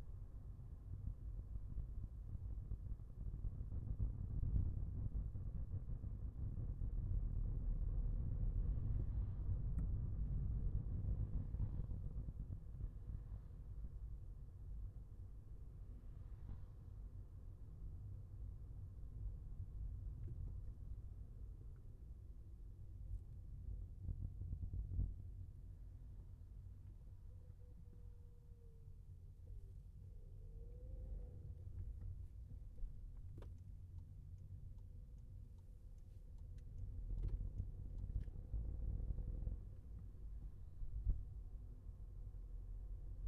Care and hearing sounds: everyday scene through a hearing-aid microphone; in a vehicle; engine, highway traffic jam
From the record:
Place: Skoda Fabia, gasoline engine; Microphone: behind the ear, left, front

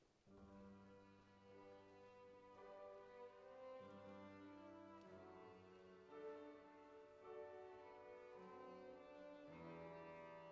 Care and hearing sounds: everyday scene through a hearing-aid microphone; reverberant space; music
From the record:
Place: church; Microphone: behind the ear, right, front

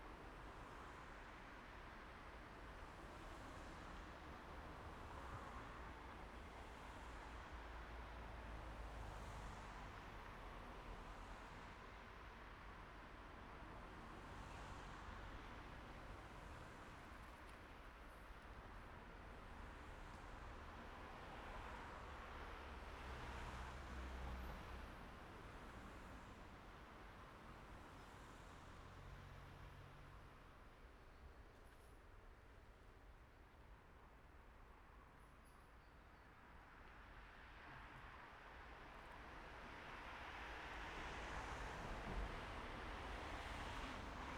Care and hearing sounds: everyday scene through a hearing-aid microphone; in traffic; traffic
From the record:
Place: main road on the outskirts, rush hour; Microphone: behind the ear, right, rear

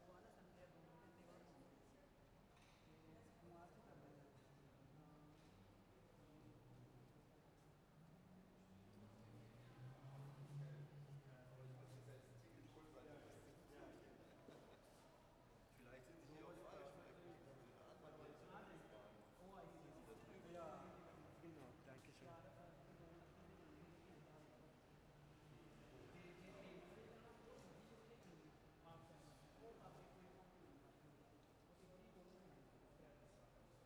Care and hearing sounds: everyday scene through a hearing-aid microphone; reverberant space; background noise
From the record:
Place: railway station hall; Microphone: behind the ear, left, rear

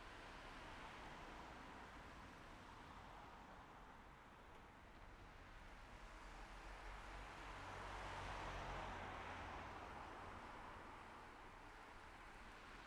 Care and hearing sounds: everyday scene through a hearing-aid microphone; in traffic; traffic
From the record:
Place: city secondary road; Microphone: behind the ear, left, rear

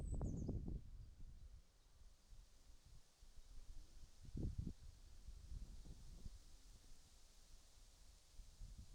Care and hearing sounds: everyday scene through a hearing-aid microphone; wind on the microphone; wind, birds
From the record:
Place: in front of a rural house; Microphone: in the ear canal, right

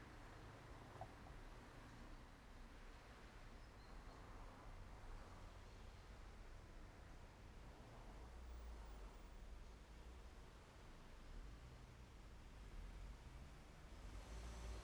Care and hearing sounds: everyday scene through a hearing-aid microphone; in traffic; traffic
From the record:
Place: main road on the outskirts, rush hour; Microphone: behind the ear, left, front

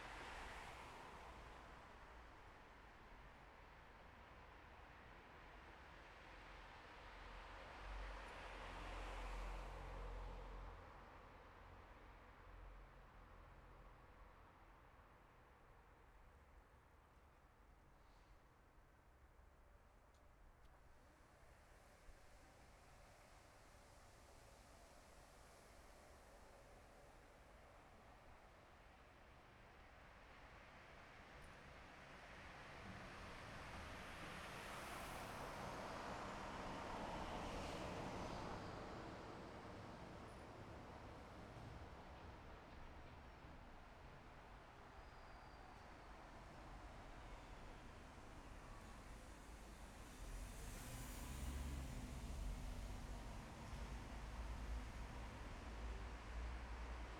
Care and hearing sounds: everyday scene through a hearing-aid microphone; in traffic; traffic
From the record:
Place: bus stop on a city main road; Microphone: behind the ear, left, front

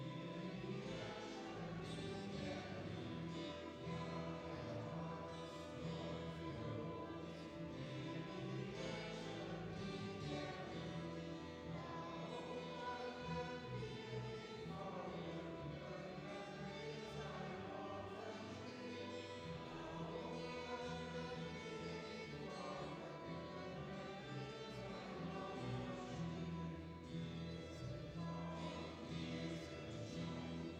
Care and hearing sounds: everyday scene through a hearing-aid microphone; reverberant space; music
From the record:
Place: church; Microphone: in the ear canal, left

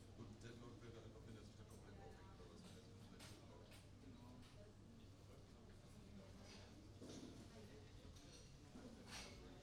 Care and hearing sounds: everyday scene through a hearing-aid microphone; many people talking; many voices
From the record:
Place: university cafeteria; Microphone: in the ear canal, right

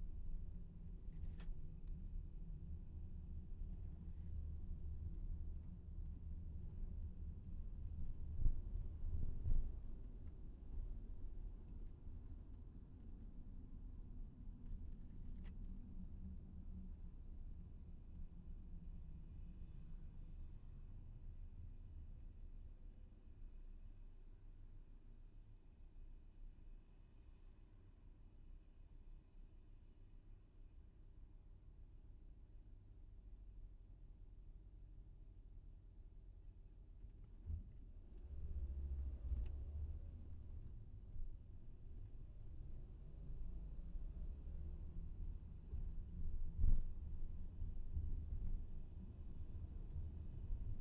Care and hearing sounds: everyday scene through a hearing-aid microphone; in a vehicle; engine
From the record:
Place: VW T5 Caravelle, diesel engine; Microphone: behind the ear, left, rear

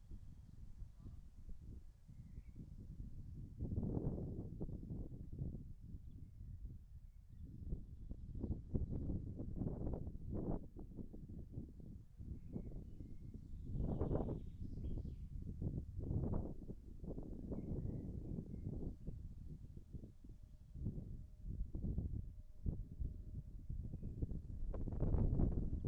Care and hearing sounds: everyday scene through a hearing-aid microphone; wind on the microphone; wind, birds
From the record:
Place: in front of a rural house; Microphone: behind the ear, right, front

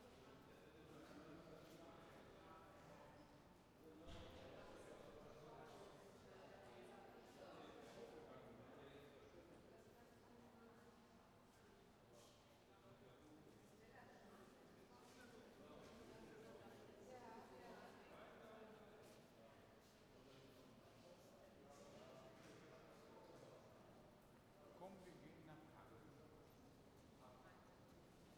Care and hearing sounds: everyday scene through a hearing-aid microphone; reverberant space; background noise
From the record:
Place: railway station hall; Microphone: behind the ear, right, front

